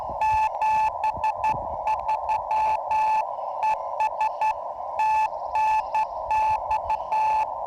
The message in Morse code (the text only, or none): 73 ES TNX